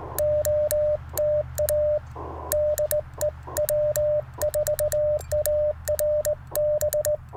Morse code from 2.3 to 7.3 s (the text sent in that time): DE W4ARB